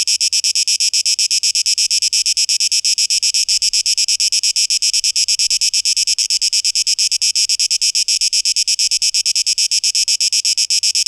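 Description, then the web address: Cicada buzzing, a bright rasping tone throbbing in fast even pulses without pause. 12 August 2023. "rauschpartikel Audio 2023-08-12 Zikaden"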